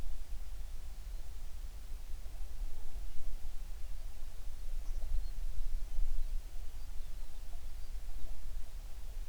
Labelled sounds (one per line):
songbird